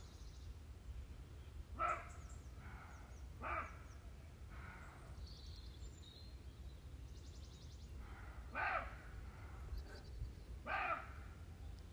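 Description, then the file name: Roe deer calls: rough, gruff barks spaced irregularly, some close together, others after pauses of several seconds, against steady low background noise. Recorded 11 April 2022. "2022-04-11 cabirols"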